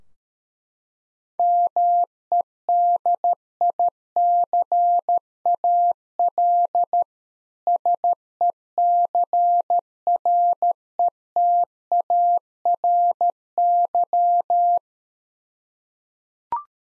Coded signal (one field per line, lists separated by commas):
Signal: Morse code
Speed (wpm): 13 wpm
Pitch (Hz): 700 Hz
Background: none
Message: MEDICAL SECRETARY